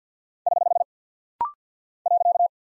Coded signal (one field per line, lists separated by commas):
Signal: Morse code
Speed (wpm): 50 wpm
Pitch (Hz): 700 Hz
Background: none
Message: <HH> .